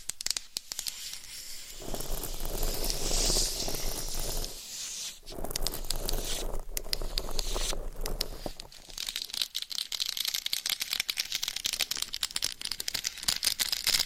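Scratching and tapping sounds shift every few seconds, moving from soft hissy rubbing to dense, rapid crackly scratches with brief pauses between.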